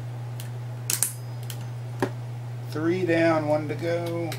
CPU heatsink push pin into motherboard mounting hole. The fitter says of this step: right so that's snapping that down three